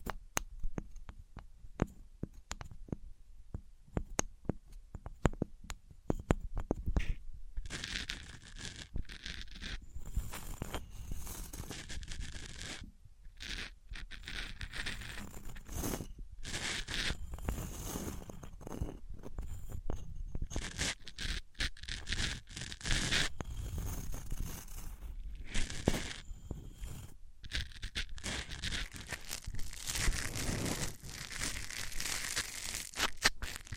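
Materials being rubbed and scraped against each other, comparing pairs like wood and cork or sponge and foam. Dense, irregular scraping and crinkling fills most of the clip, with a quieter sparse stretch in the first seven seconds and brief pauses between bursts.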